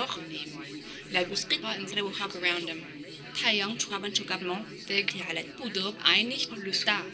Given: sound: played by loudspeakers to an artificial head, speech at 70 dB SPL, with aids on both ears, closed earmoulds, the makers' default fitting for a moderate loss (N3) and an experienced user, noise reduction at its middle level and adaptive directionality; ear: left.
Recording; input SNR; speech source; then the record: speech test signal (ISTS) in cocktail-party noise; +3 dB; in front (0 degrees)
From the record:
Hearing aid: class 2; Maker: B